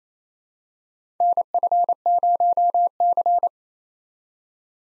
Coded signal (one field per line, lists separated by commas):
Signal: Morse code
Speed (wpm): 27 wpm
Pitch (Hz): 700 Hz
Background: none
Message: NF0C